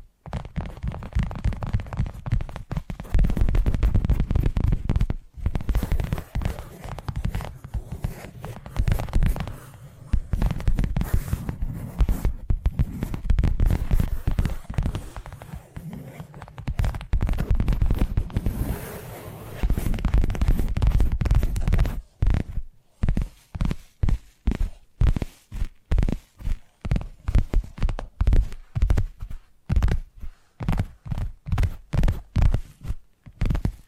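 Tapping triggers: dense, rapid tapping with a dull, thumping low end runs almost without pause for the first 22 seconds. After that the taps turn into separate, evenly spaced knocks, about two per second, with short gaps of quiet between them until the end.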